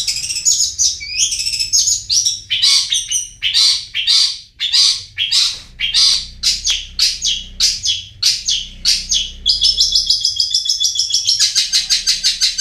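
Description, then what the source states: Long-tailed shrike song, a fast run of harsh, buzzy high notes and scratchy chatters, with a steady rasping stretch near the end. Recording used to train caged birds.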